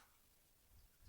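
The plastic chest panel of a Transformers Studio Series 86 Thundercracker robot toy is pushed down toward the torso during transformation, making quiet, low handling rumbles with slight low-frequency bumps around 0.8 and 1.1 seconds. The panel has not locked into place yet, and no click occurs.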